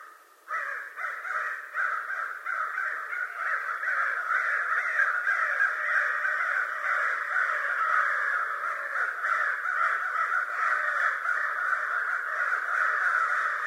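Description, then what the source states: American crow cawing, a dense, continuous stream of harsh overlapping caws, steady after the first half second. Recorded 25 November 2011.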